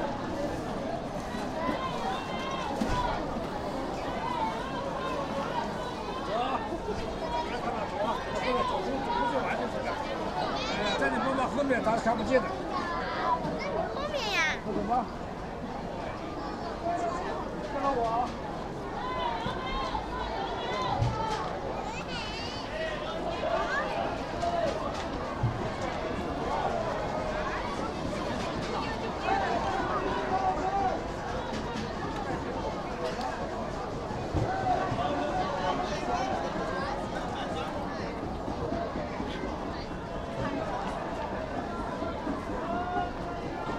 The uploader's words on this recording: A recording made at Beiyuanmen Night Market, Xi'an, Shaanxi Province, China.